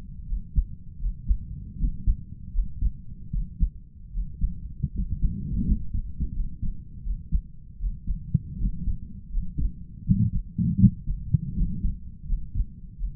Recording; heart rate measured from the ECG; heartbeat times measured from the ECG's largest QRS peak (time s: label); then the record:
heart sounds by stethoscope; 80 bpm
0.25 s: heartbeat
0.98 s: heartbeat
1.77 s: heartbeat
2.51 s: heartbeat
3.30 s: heartbeat
4.11 s: heartbeat
4.92 s: heartbeat
5.64 s: heartbeat
6.32 s: heartbeat
7.02 s: heartbeat
7.77 s: heartbeat
8.57 s: heartbeat
9.30 s: heartbeat
10.03 s: heartbeat
10.77 s: heartbeat
11.54 s: heartbeat
12.25 s: heartbeat
12.96 s: heartbeat
From the record:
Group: healthy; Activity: rest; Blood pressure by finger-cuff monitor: 100/60 mmHg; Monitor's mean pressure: 71 mmHg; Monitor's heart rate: 79 bpm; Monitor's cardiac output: 5.5 L/min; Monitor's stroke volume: 70 mL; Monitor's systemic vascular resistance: 920 dyn s/cm5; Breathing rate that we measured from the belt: 19 breaths a minute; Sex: male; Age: 22 years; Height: 181 cm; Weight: 60 kg